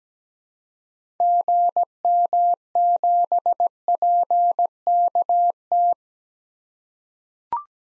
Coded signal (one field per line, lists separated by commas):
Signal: Morse code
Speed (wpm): 17 wpm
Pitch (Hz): 700 Hz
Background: none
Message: GM7PKT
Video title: 2023 SOTA Activator Call Signs - 17wpm